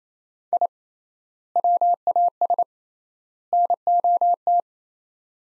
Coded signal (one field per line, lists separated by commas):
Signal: Morse code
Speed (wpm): 28 wpm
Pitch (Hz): 700 Hz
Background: none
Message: I WAS NOT